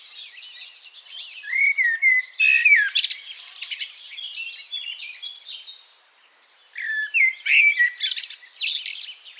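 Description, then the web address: Bird song, sweeping whistled slurs and rapid chirps in two loud bursts separated by a quieter gap of soft twittering. "cianscape birddata Deverinetal 2025 Bird Only"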